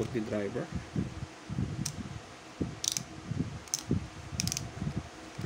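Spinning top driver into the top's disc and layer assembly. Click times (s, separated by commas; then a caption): 3.7 s, 4.4 s, 4.5 s. A plastic spinning-top driver (tip) is fitted and twisted onto the top's layer and disc assembly while someone talks. Sharp ratcheting clicks sound at about 2.9 and 3.0 seconds, then at 3.7, 4.4, 4.5 and 4.5 seconds, and the driver seats and locks into place.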